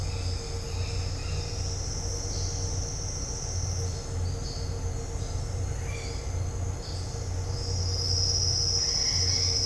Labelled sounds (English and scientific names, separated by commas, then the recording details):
none
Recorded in dense forest near Puerto Asís, Putumayo, Colombia, on 4 March 2025 at 09:00
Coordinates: 0.468, -76.322
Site GP01